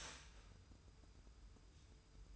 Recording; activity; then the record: daily activity, microphone in the room; start toaster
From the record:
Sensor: 2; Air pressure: 990.6 hPa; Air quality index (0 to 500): 163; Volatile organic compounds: 815 ppm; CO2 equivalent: 5142 ppm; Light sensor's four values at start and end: 24/57/23/23 and 24/57/23/23